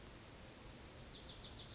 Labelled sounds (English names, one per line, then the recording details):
Wilson's Warbler
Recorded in Sonoma County, California